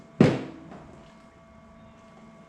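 A makeup fluid bottle with a foil-sealed membrane is handled at the septum port of a printer's makeup reservoir. A single sharp knock at 0.2 s fades over about half a second, leaving a quiet steady hum. Nothing has seated or clicked yet.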